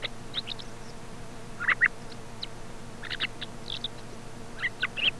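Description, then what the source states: Thrush song of thin high squeaks mixed with fuller warbled notes in short bursts, a steady low hum running throughout. Commercial lure recording, sold by a company from Càlig, for parany bird trapping.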